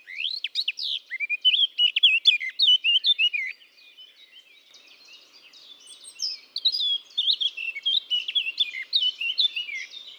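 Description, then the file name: Eurasian blackcap song with two loud, rich warbled phrases of rapid fluty notes, separated by several seconds of soft, subdued chattering. "Sylvia atricapilla"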